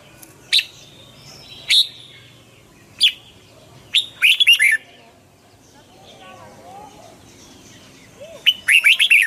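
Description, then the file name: Red-whiskered bulbul: a run of single clear chirps, then a fast tumbling phrase, a pause with soft background notes, and another quick phrase. Hue strain red-whiskered bulbul singing in the "giọng kép" (double-voice) song style. "Tieng chao mao hue hot giong kep"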